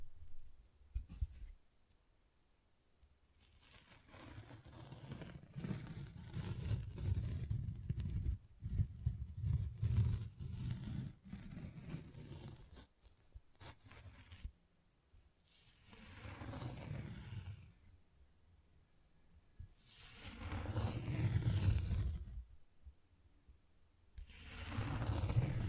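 Tapping and scratching textures in uneven rustling bursts, mostly low and muffled, with quiet pauses near 3, 14 and 19 seconds.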